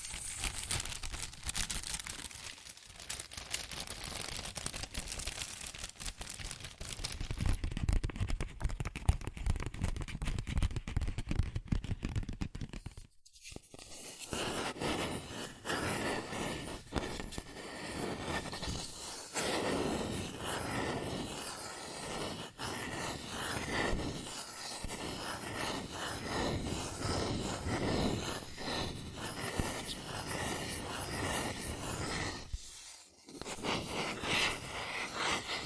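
Fast tapping, scratching and tracing on cardboard and paper keep up a dense, busy texture of crisp rustles and taps. Around the middle of the first half the sound turns heavier and deeper, then brief silences break it at about 13 and 33 seconds.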